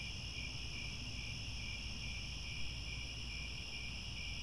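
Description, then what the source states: Crickets in a dense chorus, rapid pulsing chirps over steady high trills, with low background rumble throughout. Chorus of crickets at twilight as the sun sets.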